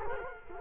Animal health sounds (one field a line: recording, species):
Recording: mosquito wingbeat signal from an infrared sensor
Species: Culex quinquefasciatus